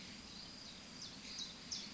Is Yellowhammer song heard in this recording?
no